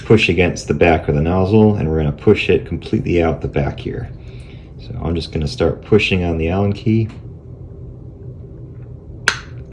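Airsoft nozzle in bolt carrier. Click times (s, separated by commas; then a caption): 9.3 s. Someone talks while pushing an Allen key against the back of the nozzle of a VFC MP5 GBB V2 airsoft gun to drive it out the back of the bolt carrier. After the talk, a single sharp click at 9.3 s marks the nozzle starting to come loose from the bolt carrier.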